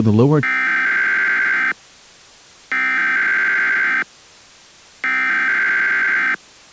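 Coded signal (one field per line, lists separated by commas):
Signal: Emergency Alert System (SAME) tones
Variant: header bursts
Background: speech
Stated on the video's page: Fictional EAS scenario, simulated alert.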